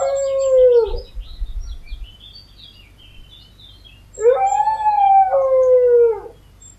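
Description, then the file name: Dog howl: one falling wail, a quiet gap of about three seconds, then a longer two-part howl that rises slightly before dropping away. "hurlement chien"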